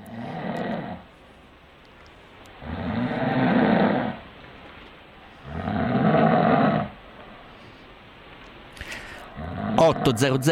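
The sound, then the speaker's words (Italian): Three loud, drawn-out snores come in a slow rhythm, each a rough, rumbling breath with pauses between, likely a voice imitating snoring, followed by a few brief clicks and noises at the end. “Soltanto la più sfacciata mi disse, ma stavi dormendo e russavo.”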